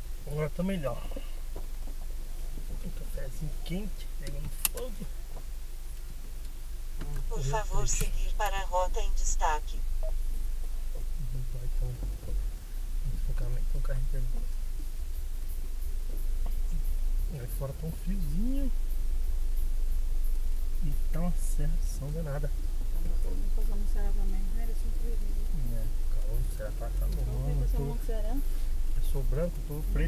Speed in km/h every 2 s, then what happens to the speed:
0, 0, 0, 0, 0, 0, 0, 0, 0, 0, 3, 2, 0, 0, 2.
0-30 standing.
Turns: none.